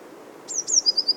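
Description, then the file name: Eurasian blue tit song: two very high, thin descending notes, then a quick trill of a few short, evenly spaced notes. "Cyanistes caeruleus"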